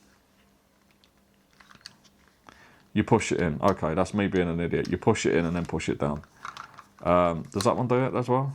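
A plastic cleaning-brush head from an interchangeable cleaning kit, first thought to be stuck, is pushed into the plastic handle and then pushed down. Faint taps and handling sounds come in the first two seconds, with the head clicking into place at 1.9 s. From about 3 s on, someone talks.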